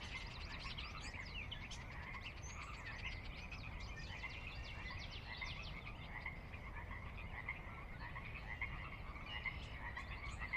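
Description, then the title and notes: Pacific chorus frogs in a full chorus, many croaks overlapping without pause, over a continuous low rumbling background. Chorus on the valley floor of Sinlahekin Valley, Sinlahekin Wildlife Area, Washington, a glacier-dug trench near the Cascades' northeastern slope; recorded at dusk; frogs described as ever-present. "Sinlahekin Valley dusk. the ever-present Pacific Chorus Frogs that are a fixture of the Northwest Soundscape"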